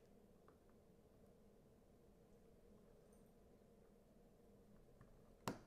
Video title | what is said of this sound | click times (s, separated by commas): SliXshot Nipples: Installation and Review | there it is that means that I just heard the threads drop down properly into place so there's no chance of cross threading | 5.5 s